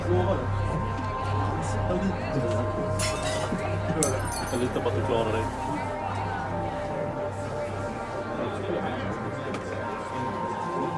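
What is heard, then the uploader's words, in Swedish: Murmuring bar sounds: a dense, steady babble of many overlapping voices with no single speaker standing out. A low hum runs underneath throughout, and a few sharp glass clinks ring out between about three and five seconds. Baren. En timme sorlande barljud.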